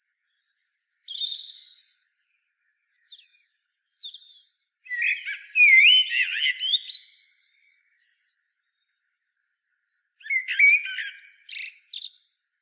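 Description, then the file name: Common blackbird singing halting phrases: a soft opening, then a loud squeaky, jumbled warble, a pause, and a shorter chattering burst. "Turdus merula"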